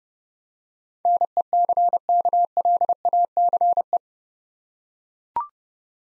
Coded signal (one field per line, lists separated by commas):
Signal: Morse code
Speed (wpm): 30 wpm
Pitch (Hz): 700 Hz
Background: none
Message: NECKLACE